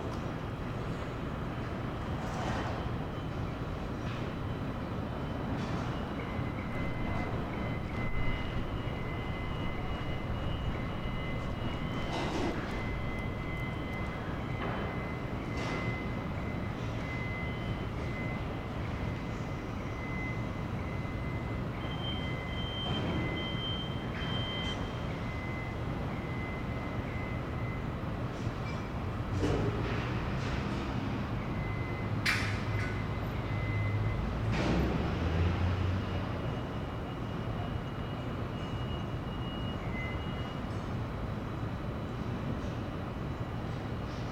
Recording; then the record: background sound without coughing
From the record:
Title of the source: 30 MINUTES Construction Site Ambience (CC BY 4.0)